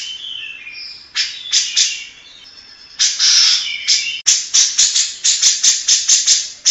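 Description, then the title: Grey-cheeked bulbul song: soft whistled slurs and harsh chatters, then a burst of grating notes and a brisk series of rasping calls. Long-duration masteran tutor recording for training captive songbirds. "Cucak Jenggot Masteran"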